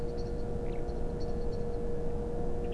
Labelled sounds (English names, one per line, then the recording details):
Common Blackbird
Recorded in Germany
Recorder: ecoPi